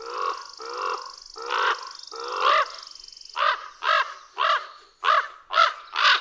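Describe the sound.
Common raven croaking: four drawn-out grating calls first, then a faster series of shorter, clipped croaks, with a steady high-pitched hum under the first calls.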